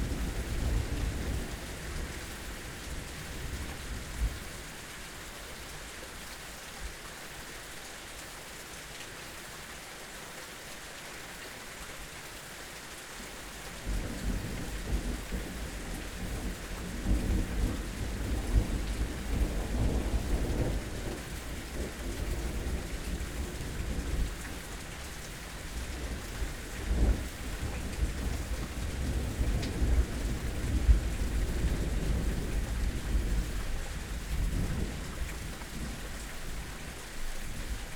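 Steady, dense rain hisses throughout, with a deep rumble of thunder rolling low underneath. The first stretch is quieter; from about fourteen seconds the thunder swells and keeps grumbling through the rest, with louder cracks near twenty, twenty-seven and thirty-one seconds.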